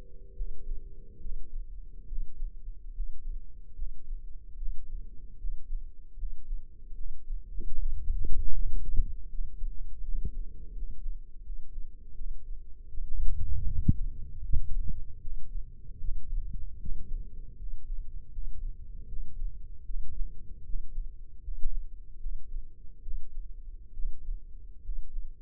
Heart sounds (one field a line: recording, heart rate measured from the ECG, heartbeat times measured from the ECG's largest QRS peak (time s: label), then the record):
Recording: heart sounds by microphone in the left ear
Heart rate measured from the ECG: 76 bpm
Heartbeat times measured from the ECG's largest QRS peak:
0.34 s: heartbeat
1.20 s: heartbeat
2.06 s: heartbeat
2.93 s: heartbeat
3.75 s: heartbeat
4.56 s: heartbeat
5.37 s: heartbeat
6.16 s: heartbeat
6.94 s: heartbeat
7.73 s: heartbeat
8.52 s: heartbeat
9.28 s: heartbeat
10.02 s: heartbeat
10.72 s: heartbeat
11.42 s: heartbeat
12.14 s: heartbeat
12.88 s: heartbeat
13.66 s: heartbeat
14.43 s: heartbeat
15.20 s: heartbeat
15.99 s: heartbeat
16.79 s: heartbeat
17.56 s: heartbeat
18.31 s: heartbeat
19.07 s: heartbeat
19.84 s: heartbeat
20.63 s: heartbeat
21.41 s: heartbeat
22.19 s: heartbeat
23.01 s: heartbeat
23.93 s: heartbeat
24.82 s: heartbeat
From the record:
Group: healthy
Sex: male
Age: 35 years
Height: 178 cm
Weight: 64 kg